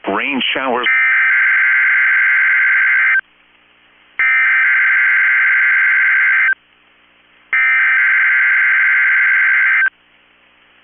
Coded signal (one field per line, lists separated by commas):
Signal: Emergency Alert System (SAME) tones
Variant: header bursts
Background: speech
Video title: 10/4/23 - KEC65 Required Weekly Test (EAS #888)